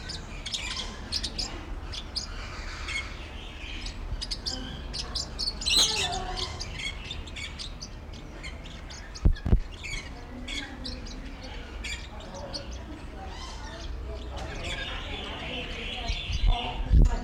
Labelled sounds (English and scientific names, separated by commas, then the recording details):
Bali Myna (Leucopsar rothschildi)
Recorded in captivity
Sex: male
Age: adult
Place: Zoo Berlin, Berlin, DE
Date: 1994-07-16 10:55
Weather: sonnig, 22-26°C
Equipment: Marantz CP 430, Sennheiser ME 80, Kopie Uher Variocord 263
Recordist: Tembrock, Günter